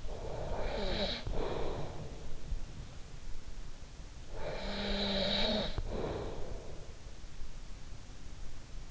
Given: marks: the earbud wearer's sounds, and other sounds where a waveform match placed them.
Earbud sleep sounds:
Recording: sounds in sleep by an in-ear microphone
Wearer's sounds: breath, snoring breath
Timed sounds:
0.00-2.57 s: breath
4.29-6.95 s: snoring breath

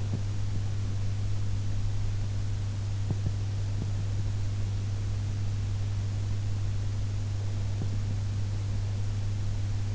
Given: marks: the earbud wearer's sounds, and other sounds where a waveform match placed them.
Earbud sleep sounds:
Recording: sounds in sleep by an in-ear microphone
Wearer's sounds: teeth grinding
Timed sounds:
0.00-1.05 s: teeth grinding
2.88-4.48 s: teeth grinding
7.28-9.03 s: teeth grinding

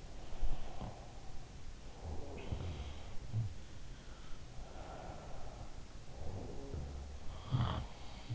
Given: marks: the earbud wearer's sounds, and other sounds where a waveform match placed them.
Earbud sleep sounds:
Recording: sounds in sleep by an in-ear microphone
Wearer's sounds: breath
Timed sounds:
0.00-3.15 s: breath
0.23-1.20 s: sound from someone else or the room
1.91-3.47 s: sound from someone else or the room
4.03-8.35 s: sound from someone else or the room
4.45-7.21 s: breath

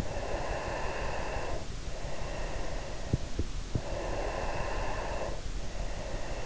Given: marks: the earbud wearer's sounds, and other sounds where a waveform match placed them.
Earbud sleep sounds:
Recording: sounds in sleep by an in-ear microphone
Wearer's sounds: breath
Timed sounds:
0.23-3.68 s: breath
3.94-6.46 s: breath

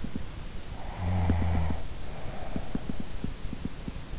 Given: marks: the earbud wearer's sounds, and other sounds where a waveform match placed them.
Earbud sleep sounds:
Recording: sounds in sleep by an in-ear microphone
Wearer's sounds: snoring breath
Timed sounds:
0.87-3.88 s: snoring breath

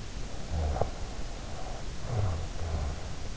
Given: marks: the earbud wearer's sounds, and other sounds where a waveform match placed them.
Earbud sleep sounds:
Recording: sounds in sleep by an in-ear microphone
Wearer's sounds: snoring breath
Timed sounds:
0.38-3.30 s: snoring breath

